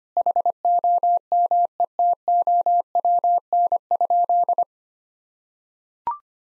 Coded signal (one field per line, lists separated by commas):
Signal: Morse code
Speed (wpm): 25 wpm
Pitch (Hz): 700 Hz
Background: none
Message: HOMETOWN?